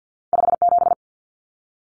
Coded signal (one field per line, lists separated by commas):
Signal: Morse code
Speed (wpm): 50 wpm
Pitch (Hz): 700 Hz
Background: none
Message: 57